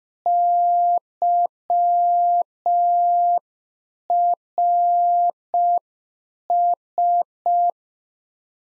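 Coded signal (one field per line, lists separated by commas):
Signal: Morse code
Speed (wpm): 5 wpm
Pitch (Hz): 700 Hz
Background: none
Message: YRS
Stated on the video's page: Practice QSO exchange segment on ham FER, age and occupation, sent in Morse at 5 wpm for head-copy, sent twice around a spoken version.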